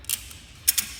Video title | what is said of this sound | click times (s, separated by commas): CMA out of the box activities | and then it locks into place so that that will not come undone | 0.7 s